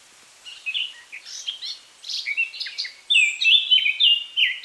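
Eurasian Blackcap song: soft scratchy twittering, then a loud burst of clear fluty whistled notes tumbling up and down at the end.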